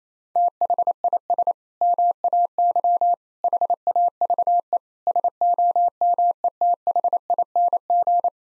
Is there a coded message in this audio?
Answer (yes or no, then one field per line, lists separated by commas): yes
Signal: Morse code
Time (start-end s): 0.4-8.3 s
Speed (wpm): 28 wpm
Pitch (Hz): 700 Hz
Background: none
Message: THIS MAY HAVE SOMETHING